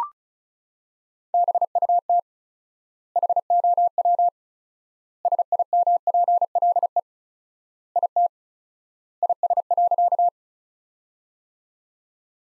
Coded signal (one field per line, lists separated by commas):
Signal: Morse code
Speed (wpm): 36 wpm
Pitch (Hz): 700 Hz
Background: none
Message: BUT HOW SIMPLE IT IS.